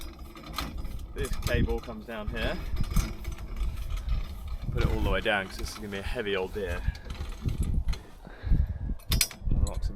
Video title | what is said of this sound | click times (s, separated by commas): The Christmas Muntjac | locks in place there. | 9.1 s